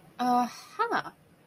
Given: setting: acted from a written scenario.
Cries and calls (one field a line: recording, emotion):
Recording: vocal sound without words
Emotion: interest